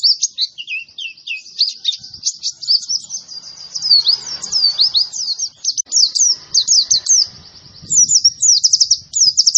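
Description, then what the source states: White-eye song of very high, rapid chattering chirps and slurred notes, nearly unbroken, over soft low background noise. Young bird, described as gacor (singing persistently and energetically).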